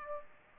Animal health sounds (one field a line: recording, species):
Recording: mosquito wingbeat signal from an infrared sensor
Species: Aedes aegypti